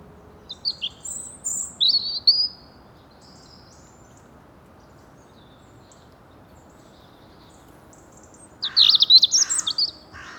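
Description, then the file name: European robin high, scratchy warbled notes for about two seconds, then silence, then a harsher chattering burst near the end. "Erithacus rubecula"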